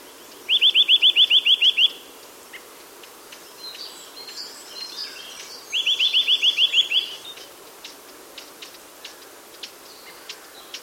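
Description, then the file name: Eurasian nuthatch giving rapid trilled calls, two bursts of about ten sharp, evenly spaced notes, with faint scattered ticks between them. "Sitta europaea"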